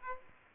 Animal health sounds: mosquito wingbeat signal from an infrared sensor; Aedes aegypti

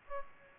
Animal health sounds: mosquito wingbeat signal from an infrared sensor; Aedes aegypti

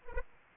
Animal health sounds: mosquito wingbeat signal from an infrared sensor; Aedes aegypti

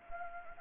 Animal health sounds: mosquito wingbeat signal from an infrared sensor; Anopheles gambiae

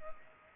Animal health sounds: mosquito wingbeat signal from an infrared sensor; Culex pipiens

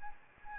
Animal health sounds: mosquito wingbeat signal from an infrared sensor; Anopheles arabiensis

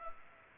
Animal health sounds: mosquito wingbeat signal from an infrared sensor; Culex pipiens

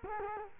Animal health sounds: mosquito wingbeat signal from an infrared sensor; Culex quinquefasciatus

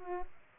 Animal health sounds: mosquito wingbeat signal from an infrared sensor; Aedes aegypti

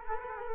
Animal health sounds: mosquito wingbeat signal from an infrared sensor; Culex quinquefasciatus

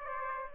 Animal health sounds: mosquito wingbeat signal from an infrared sensor; Aedes aegypti

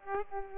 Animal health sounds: mosquito wingbeat signal from an infrared sensor; Aedes aegypti

